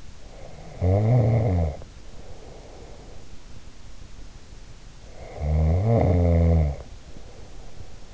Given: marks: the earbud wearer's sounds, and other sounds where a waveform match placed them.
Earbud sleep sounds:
sounds in sleep by an in-ear microphone; snoring breath
0.26-3.49 s: snoring breath
5.09-8.14 s: snoring breath

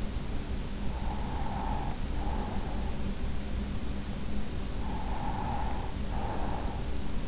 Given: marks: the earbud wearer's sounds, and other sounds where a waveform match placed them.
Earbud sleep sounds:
sounds in sleep by an in-ear microphone; breath
0.76-3.34 s: breath
4.57-7.28 s: breath

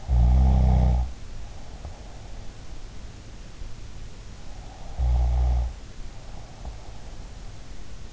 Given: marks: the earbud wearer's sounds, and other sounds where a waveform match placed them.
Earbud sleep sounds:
sounds in sleep by an in-ear microphone; snoring breath
0.00-2.48 s: snoring breath
4.52-7.04 s: snoring breath

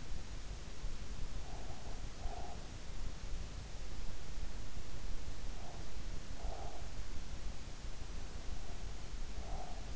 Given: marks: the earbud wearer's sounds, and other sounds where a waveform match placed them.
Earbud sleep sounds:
sounds in sleep by an in-ear microphone; breath
1.48-2.72 s: breath
5.48-7.04 s: breath
8.53-9.96 s: breath

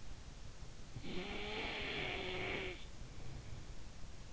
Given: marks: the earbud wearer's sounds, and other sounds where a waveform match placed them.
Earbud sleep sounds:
sounds in sleep by an in-ear microphone; snoring breath
0.41-3.61 s: snoring breath

